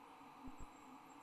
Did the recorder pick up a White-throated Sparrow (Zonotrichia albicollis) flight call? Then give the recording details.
no. No flight call is heard. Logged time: 23:44 on 29 November 2014